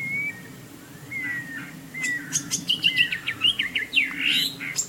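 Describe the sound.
Bird calls opening with soft thin whistled notes, then a burst of fast chirps and sweeping trills in the second half, with a low hum behind.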